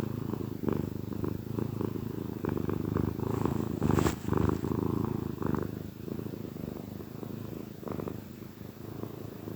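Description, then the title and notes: Domestic cat purring loudly with a rough rumble, plus a few clicks and a short noise burst around four seconds. Contented cat purring gently. "Cat Cafe Purr-Finale. the gentle purrs of a contented cat"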